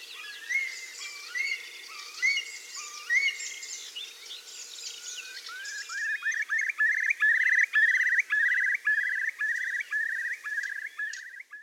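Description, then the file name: Curlew song: rising whistled notes with upturned ends, slow at first, then speeding into a loud run of bubbling, trilled rising whistles. "kulik"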